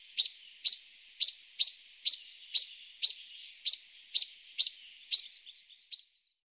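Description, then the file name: European pied flycatcher: small bird repeating a sharp, high, clicking note about twice a second, some eleven times, ending in a few softer twitters. "Svartvit flugsnappare"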